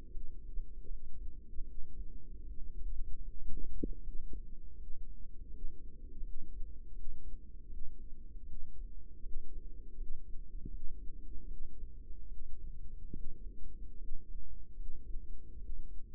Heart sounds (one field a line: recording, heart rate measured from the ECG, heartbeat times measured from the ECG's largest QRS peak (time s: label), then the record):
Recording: heart sounds by microphone in the right ear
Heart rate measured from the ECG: 77 bpm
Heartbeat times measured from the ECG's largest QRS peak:
0.06 s: heartbeat
0.83 s: heartbeat
1.61 s: heartbeat
2.40 s: heartbeat
3.21 s: heartbeat
3.98 s: heartbeat
4.73 s: heartbeat
5.46 s: heartbeat
6.19 s: heartbeat
6.91 s: heartbeat
7.65 s: heartbeat
8.42 s: heartbeat
9.19 s: heartbeat
9.93 s: heartbeat
10.66 s: heartbeat
11.44 s: heartbeat
12.24 s: heartbeat
13.09 s: heartbeat
13.94 s: heartbeat
14.72 s: heartbeat
15.55 s: heartbeat
From the record:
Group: healthy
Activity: rest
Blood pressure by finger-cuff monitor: 138/85 mmHg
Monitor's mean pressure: 99 mmHg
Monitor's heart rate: 78 bpm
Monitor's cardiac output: 6.4 L/min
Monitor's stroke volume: 86 mL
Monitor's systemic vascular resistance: 1170 dyn s/cm5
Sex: female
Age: 22 years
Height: 171 cm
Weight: 65.6 kg